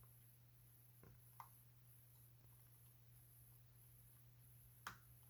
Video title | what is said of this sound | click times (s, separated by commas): [JMI wLog] Apple iPad A1337 No Power Repair | all right i did here click | 4.9 s